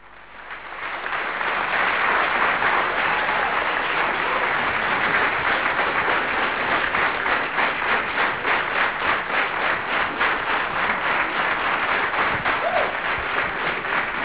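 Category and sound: crowd, audience applause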